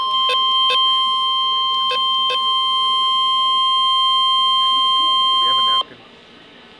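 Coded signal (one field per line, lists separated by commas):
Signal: Emergency Alert System (SAME) tones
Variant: 1050 Hz attention tone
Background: speech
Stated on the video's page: Real EAS severe thunderstorm warning recorded with a camera from a handheld receiver.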